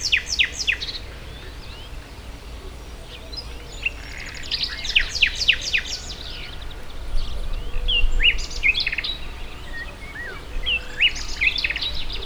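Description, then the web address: Bird calls: loud bursts of rapid, sharp chirps and twitters coming in clusters, between quieter stretches, over a low hum. Recorded at the Hortobágy fishponds, Hungary, in 2014, near the narrow-gauge railway's inner terminal station; varied bird life. "hanggyujtemeny kisvasut hortobagyihalastavak 2014 termeszet sokszinumadarvilag belsovegallomas"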